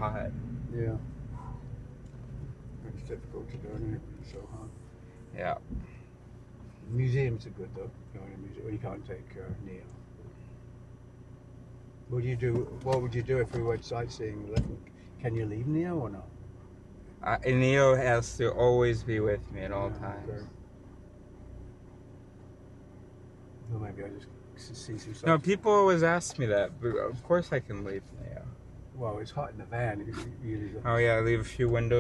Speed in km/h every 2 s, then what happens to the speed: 8, 4, 0, 0, 0, 0, 0, 0, 0, 0, 0, 0, 0, 0, 0, 0.
0-4 slows to 0. 4-32 standing.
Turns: none.